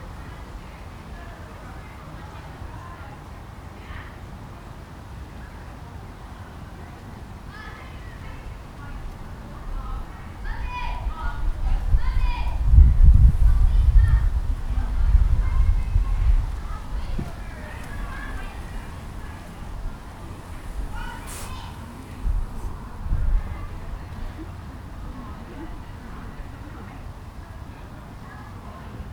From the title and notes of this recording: Captured in a country park on Boxing day. Families are filling the park and children are trying their new bicycles that they received for Christmas.